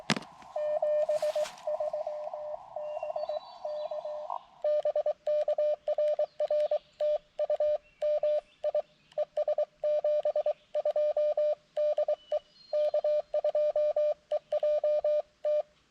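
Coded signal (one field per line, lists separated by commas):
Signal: Morse code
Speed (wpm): 23 wpm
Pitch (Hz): 600 Hz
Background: none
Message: 73 BK BK RR TU MI ES 72 DE K2EJT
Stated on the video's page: CW Parks on the Air activation with an mcHF transceiver, which has an internal speaker and tuner.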